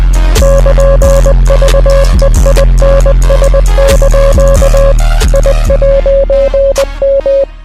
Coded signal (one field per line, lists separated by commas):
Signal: Morse code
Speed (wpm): 20 wpm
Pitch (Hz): 550 Hz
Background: music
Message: <KN>VEINS) I'M